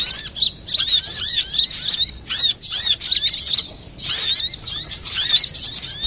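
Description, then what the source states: Little spiderhunter singing in quick bursts of high, slurred chirps and twitters, with short pauses between phrases. Master recording of the Labaik type, made for training cage birds.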